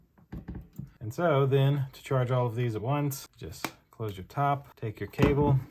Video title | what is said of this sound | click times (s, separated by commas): Artman GoPro Battery 3 Pack Charging Kit Unboxing and Demo | click into place and last but not least and click into place | 0.3 s